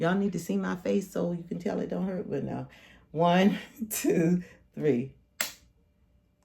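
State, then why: Seated. Someone talks and counts to three, then presses a single-dose GLP-1 autoinjector pen flush against the skin of the belly and triggers it. The pen gives one sharp click at 5.4 s as it activates, followed by quiet. This pen makes two clicks, and the second comes later during the hold.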